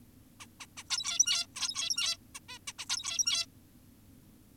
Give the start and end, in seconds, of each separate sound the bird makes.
0.40-0.46, 0.60-0.66, 0.77-0.84, 0.90-1.47, 1.56-2.18, 2.35-2.40, 2.49-2.59, 2.68-2.73, 2.79-2.86, 2.90-3.46